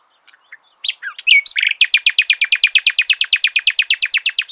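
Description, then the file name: Common nightingale song: a few scattered varied notes building into a long, steady, rapid series of loud repeated chirps. "Luscinia megarhynchos"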